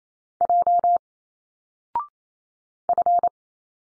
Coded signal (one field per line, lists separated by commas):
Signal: Morse code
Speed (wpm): 28 wpm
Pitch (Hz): 700 Hz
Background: none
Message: J F